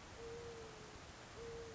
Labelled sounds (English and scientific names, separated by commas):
Mourning Dove (Zenaida macroura)